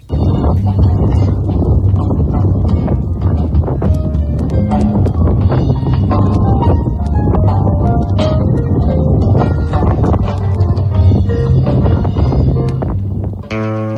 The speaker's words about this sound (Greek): Θα ακούσουμε αυτόν τον αέρα της Μακρονήσου. Από κάτω ακούγεται και η πρόβα που έκαναν οι μουσικοί.